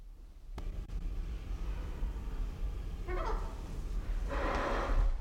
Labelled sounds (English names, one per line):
Visayan Hornbill call